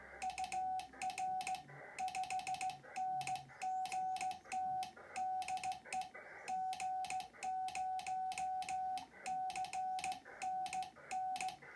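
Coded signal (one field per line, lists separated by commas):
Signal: Morse code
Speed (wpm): 16 wpm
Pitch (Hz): 750 Hz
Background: none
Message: UR5NGT DE G0CNN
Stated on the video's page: Real Morse QSO sent on a Hi Mound HK-707 key by an operator relearning code.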